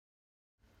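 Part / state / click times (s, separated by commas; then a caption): top half of a plastic center cap base into the bottom half / not seated / none. The top half of a plastic center cap base for BBS RJ407 and BBS RM012 wheels is being handled against the bottom half, with the top part's teeth lined up with the bottom part's holes. The clip is silent until about 0.6 s, then a steady broadband handling noise continues to the end. Nothing has seated or clicked yet.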